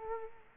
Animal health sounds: mosquito wingbeat signal from an infrared sensor; Culex quinquefasciatus

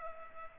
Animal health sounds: mosquito wingbeat signal from an infrared sensor; Culex pipiens

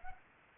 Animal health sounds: mosquito wingbeat signal from an infrared sensor; Anopheles arabiensis

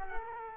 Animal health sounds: mosquito wingbeat signal from an infrared sensor; Culex quinquefasciatus

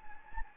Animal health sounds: mosquito wingbeat signal from an infrared sensor; Anopheles gambiae

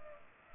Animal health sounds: mosquito wingbeat signal from an infrared sensor; Culex pipiens

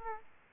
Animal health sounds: mosquito wingbeat signal from an infrared sensor; Aedes aegypti

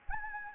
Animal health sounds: mosquito wingbeat signal from an infrared sensor; Anopheles gambiae

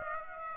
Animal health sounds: mosquito wingbeat signal from an infrared sensor; Aedes aegypti

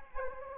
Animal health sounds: mosquito wingbeat signal from an infrared sensor; Anopheles arabiensis

